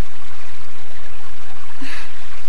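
A steady rush of flowing stream water, a broad bright hiss with small trickling bubbles and a brief gurgle near the end, continuous and fairly loud with no voices.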